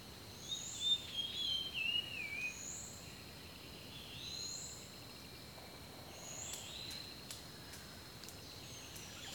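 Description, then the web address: Bird song of a quick series of high whistled notes stepping downward, then a steady insect-like hum and faint chirps. Rainforest birdsong. "The Natural Sounds of the Wilderness Echoes of Nature - Rainforest Birdsong"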